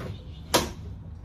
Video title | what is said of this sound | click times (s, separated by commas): HOW TO USE THE NEW MOBILE CAR DETAILING VAN - BEST METHOD TO SAVE TIME EACH DETAIL | and you heard that click at the end that means it's locked in there this thing is not going to move anywhere | 0.5 s